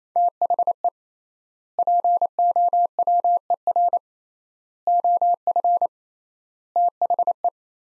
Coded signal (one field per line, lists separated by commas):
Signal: Morse code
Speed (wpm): 28 wpm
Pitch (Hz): 700 Hz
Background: none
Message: THE POWER OF THE